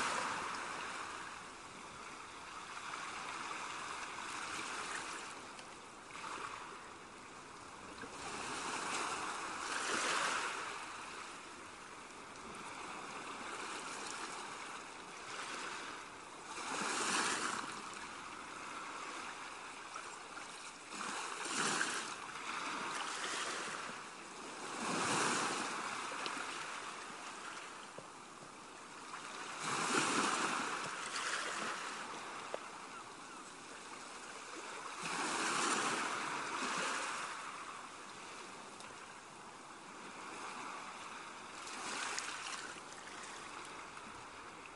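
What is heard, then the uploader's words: Gentle ocean waves wash and break in soft, repeated surges every few seconds over a steady hiss of moving water. Calm ocean waves clashing together.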